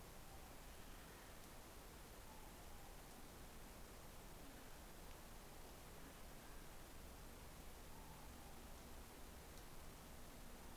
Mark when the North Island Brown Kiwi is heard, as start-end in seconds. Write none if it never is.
none